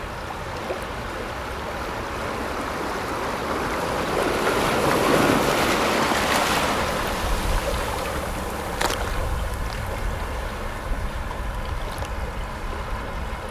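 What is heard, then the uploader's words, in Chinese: Waves at the seashore make a steady rushing wash throughout. A larger swell builds from about four seconds and peaks near six before easing back. A sharp, brief crack sounds just before nine seconds, with a fainter tick around twelve. 海のおすそわけ/波音。海辺の音をおすそわけ。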